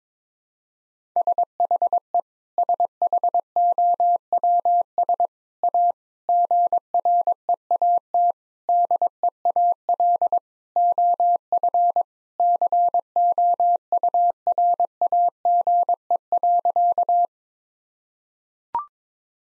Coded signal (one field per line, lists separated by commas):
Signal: Morse code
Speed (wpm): 22 wpm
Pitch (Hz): 700 Hz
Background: none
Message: SHE SHOWS A GREAT DEAL OF COURAGE.